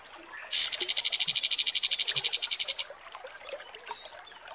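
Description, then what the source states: Kapas Tembak song: one sustained rapid trill of many sharp pulses lasting over two seconds. Masteran (tutor) recording used to train caged birds' song, described as 'mewah' (luxurious).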